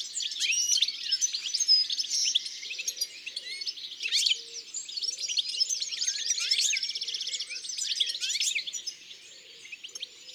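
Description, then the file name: European goldfinch song: a long, fast, liquid twittering medley of chirps, trills and buzzy rattles, continuous and varied throughout. "Chardonneret elegant ABC des chants doiseaux"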